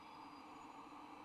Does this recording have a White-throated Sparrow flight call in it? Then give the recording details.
no. No flight call is heard. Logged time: 00:04 on 26 November 2014